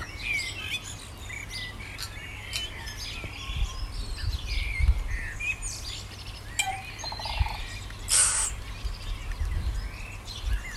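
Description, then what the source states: Birds singing together, a busy chorus of whistled and chirping phrases overlapping throughout, with a steady low rumble underneath. Recorded in the morning.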